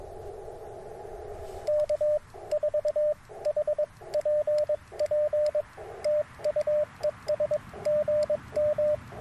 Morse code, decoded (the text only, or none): K4HPP TU ES GM